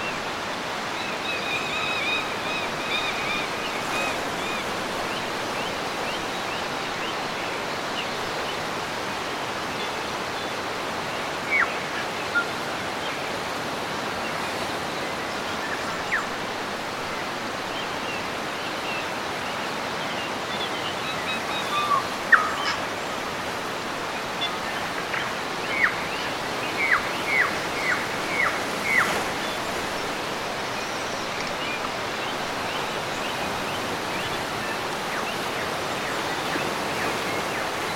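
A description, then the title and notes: Waves wash steadily along a New Zealand coastline, a constant dense hiss with no distinct crashes standing out. Small bird chirps break through now and then, mostly clustered between about 11 and 30 seconds. Birds & Waves at Marlborough Sounds, New Zealand. Birds chirp and waves crash on the coast of New Zealand.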